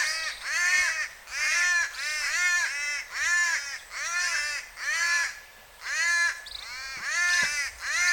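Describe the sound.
Cuban palm crow giving regular, nasal, rasping caws, about one per second, clear and evenly spaced with brief quiet gaps.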